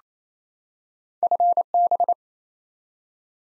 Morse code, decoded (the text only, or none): FB